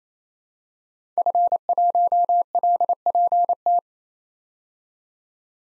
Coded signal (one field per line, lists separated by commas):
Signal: Morse code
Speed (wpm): 28 wpm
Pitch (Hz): 700 Hz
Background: none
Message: F1LPT